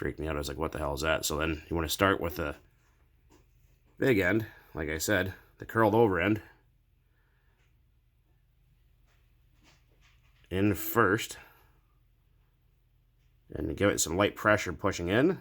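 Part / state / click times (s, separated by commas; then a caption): wire retaining clip into piston pin bore / not seated / none. Someone talks while lining up the curled big end of a metal wire piston pin retaining clip in the piston pin bore of a nitro engine, then applies light pushing pressure, with quiet pauses between the speech. Nothing has seated or clicked yet.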